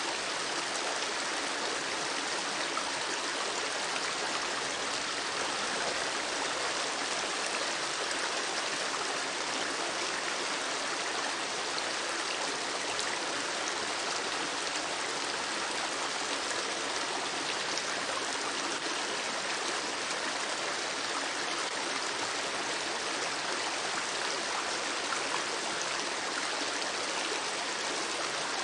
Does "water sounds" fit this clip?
yes